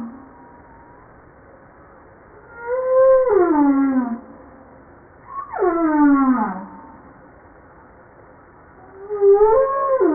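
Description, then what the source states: Humpback whale song with long tonal moans that rise then sweep downward, each rich in harmonics, three phrases separated by short quiet gaps. Recorded 5 March 1994.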